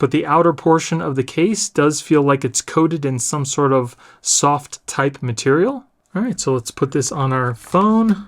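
Someone talks while handling a Spigen soft-touch plastic protective case half, about to press it onto a Pixel Fold folding smartphone. Only speech is heard, with no distinct handling clicks. Nothing has seated or clicked into place yet.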